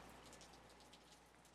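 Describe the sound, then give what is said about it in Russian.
Soft, steady rain that is dying down patters on a surface, a continuous hiss dotted with light drop ticks, with no voices and no thunder. “Дождь стихал.”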